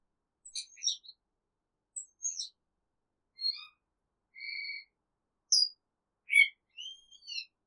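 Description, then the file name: Cage bird calling with high twittering chirps and a steady, held whistled note midway, notes spaced irregularly across the stretch, in silence otherwise. Isolated. "Exotic Cage Bird Isolated"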